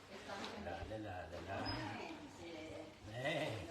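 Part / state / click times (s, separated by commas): plastic blade/cover piece going onto a manual food chopper / not seated / none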